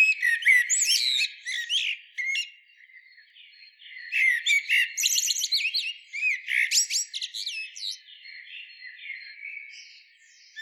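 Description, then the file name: Common blackbird delivering several warbled phrases with sliding whistled notes and squeaky high twitters, fading into quieter trailing notes near the end. "Turdus merula"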